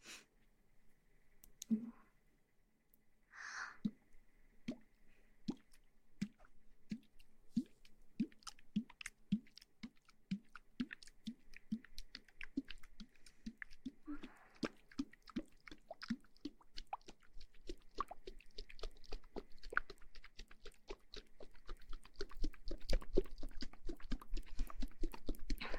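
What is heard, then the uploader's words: A water bottle is shaken in a steady rhythm of soft sloshing pulses, about two per second, that grow denser and louder toward the end. A short hiss and a rustle come early on, and faint wet, squishy sounds mix in throughout. ASMR Shaking water bottle & Ear massage.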